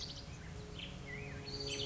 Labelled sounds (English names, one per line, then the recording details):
Black-headed Grosbeak
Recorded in Sonoma County, California